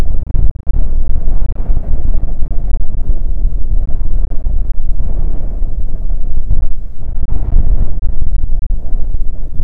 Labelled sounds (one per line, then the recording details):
wind
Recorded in the Arctic National Wildlife Refuge, Alaska, on 20 June 2019 at 00:30
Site 44